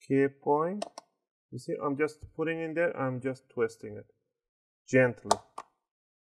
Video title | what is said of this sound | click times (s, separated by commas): Acer Switch 3 N17h1 Battery Replacement Step By Step.... | you want to hear those clicks so | 5.6 s